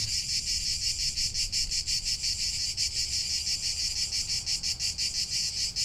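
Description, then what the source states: Cicadas in a dense buzzing chorus, pulsing roughly three times a second with a slightly uneven rhythm, over a faint low rumble. Cicada chorus in Provence, heard as the background to a guided siesta meditation.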